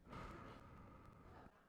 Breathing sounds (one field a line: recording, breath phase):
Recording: one breath near a microphone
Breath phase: exhalation